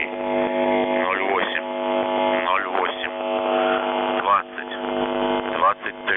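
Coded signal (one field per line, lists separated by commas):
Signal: coded military voice message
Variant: UVB-76, Russian voice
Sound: a distorted voice speaking over a steady droning buzz on a narrow radio channel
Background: radio static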